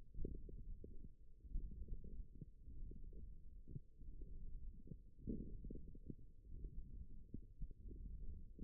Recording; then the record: forearm muscle sounds (acoustic myography)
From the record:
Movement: thumb flexion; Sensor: system 1, eight BSWA MPA416 microphones around the upper forearm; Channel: 4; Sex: female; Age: 22 years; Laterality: right